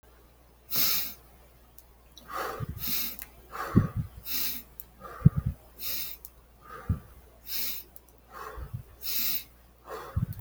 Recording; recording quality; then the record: shallow breathing; excellent, no background noise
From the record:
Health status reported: recovered from COVID-19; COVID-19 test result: positive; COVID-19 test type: RT-PCR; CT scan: not taken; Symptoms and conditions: none ticked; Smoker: no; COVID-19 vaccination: none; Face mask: not worn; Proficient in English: yes